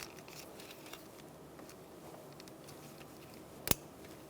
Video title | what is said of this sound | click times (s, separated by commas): How to Replace Spark Plugs 2002-2006 Honda CR-V 2.4L L4 | Make sure you hear that click. | 3.7 s